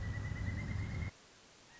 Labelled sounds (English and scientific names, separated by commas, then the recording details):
Pileated Woodpecker (Dryocopus pileatus)
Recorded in Sonoma County, California